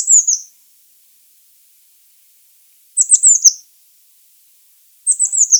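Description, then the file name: Eurasian blue tit giving high, thin, descending trilled calls, three bouts about two to three seconds apart. "Cyanistes caeruleus"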